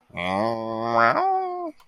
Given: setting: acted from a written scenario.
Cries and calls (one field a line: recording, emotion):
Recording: vocal sound without words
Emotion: neutral